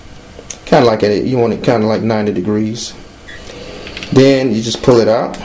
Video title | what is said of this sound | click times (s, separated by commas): Smith & Wesson Bodyguard 380 acp | Take the breakdown lever and turn it down till you hear it snap. | 0.5 s